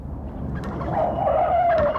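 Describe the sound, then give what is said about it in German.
A car's tires squeal in a rising, sustained skid over a steady engine rumble as it runs over a hen, whose brief squawk cuts through near the end. “Mein Gott, jetzt haben Sie sie platt gefahren.”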